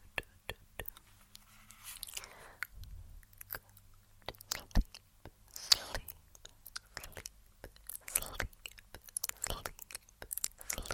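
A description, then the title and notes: Face touching: quick, crisp taps and small clicks land irregularly throughout, some sharp and bright, with brief soft rubbing swells near 2, 6 and 8 seconds. A faint low hum sits steadily underneath. Face Touching.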